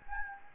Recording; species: mosquito wingbeat signal from an infrared sensor; Anopheles gambiae